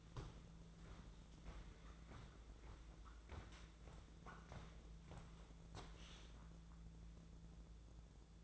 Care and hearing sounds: daily activity, microphone in the room; walk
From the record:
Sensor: 3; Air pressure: 1005.6 hPa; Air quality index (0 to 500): 95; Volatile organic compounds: 3 ppm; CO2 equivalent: 1489 ppm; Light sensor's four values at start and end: 10/24/10/9 and 10/24/10/10

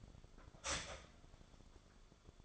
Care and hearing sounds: daily activity, microphone in the room; start toaster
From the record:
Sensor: 5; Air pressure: 1014.8 hPa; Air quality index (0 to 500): 198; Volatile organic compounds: 8 ppm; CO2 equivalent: 2107 ppm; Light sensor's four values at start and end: 15/36/14/13 and 16/36/14/13

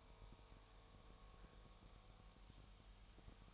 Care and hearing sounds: daily activity, microphone in the room; make coffee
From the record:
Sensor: 1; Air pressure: 1002.0 hPa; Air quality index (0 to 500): 243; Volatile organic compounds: 47 ppm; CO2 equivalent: 3261 ppm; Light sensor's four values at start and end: 8/28/10/11 and 8/28/10/11

